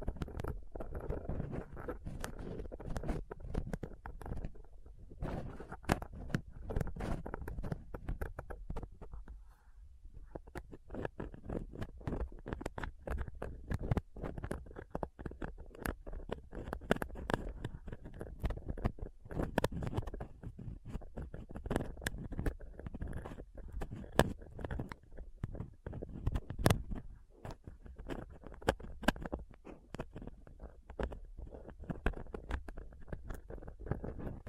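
Rough scratching and picking on a microphone with dental pick, tweezers and cotton swab: dense low rumbling scrapes with frequent sharp clicks, quieter near ten seconds.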